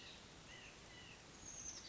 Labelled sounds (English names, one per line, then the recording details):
White-breasted Nuthatch
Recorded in Sonoma County, California